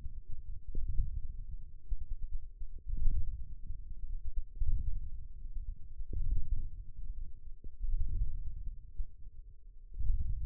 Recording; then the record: forearm muscle sounds (acoustic myography)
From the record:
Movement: ulnar deviation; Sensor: system 1, eight BSWA MPA416 microphones around the upper forearm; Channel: 3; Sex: female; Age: 21 years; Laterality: right